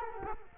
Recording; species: mosquito wingbeat signal from an infrared sensor; Culex quinquefasciatus